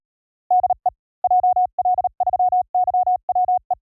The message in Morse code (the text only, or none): DE JL3YWE